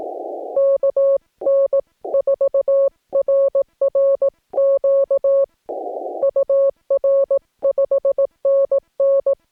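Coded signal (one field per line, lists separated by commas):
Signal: Morse code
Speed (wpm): 18 wpm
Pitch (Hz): 550 Hz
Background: none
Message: KN4RRQ UR 5NN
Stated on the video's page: CW park activation pile-up on 15 meters, Yaesu FT-891 at 25 watts, US Morse paddles, 17-ft whip antenna.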